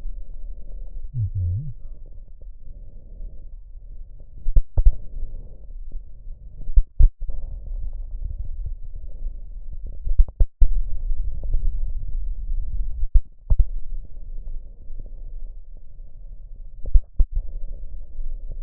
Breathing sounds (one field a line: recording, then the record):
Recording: lung sounds by stethoscope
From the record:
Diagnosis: chronic bronchitis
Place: left posterior upper chest